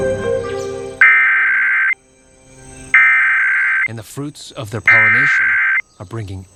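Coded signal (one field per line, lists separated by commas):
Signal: Emergency Alert System (SAME) tones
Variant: header bursts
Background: speech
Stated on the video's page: Statewide Required Monthly Test for West Virginia originated by WVPBS, aired on television station WNPB-TV.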